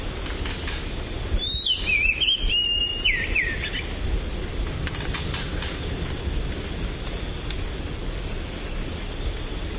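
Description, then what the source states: Oriental magpie-robin song: a short run of clear, swooping whistled notes, rising and falling, over steady background noise. Subspecies Copsychus saularis musicus.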